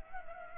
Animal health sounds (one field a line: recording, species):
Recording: mosquito wingbeat signal from an infrared sensor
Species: Culex pipiens